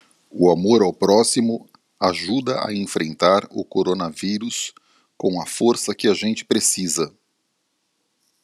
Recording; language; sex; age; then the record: spoken sentence; Brazilian Portuguese; male; 50 to 59 years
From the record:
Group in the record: control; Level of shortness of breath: 0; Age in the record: 56 years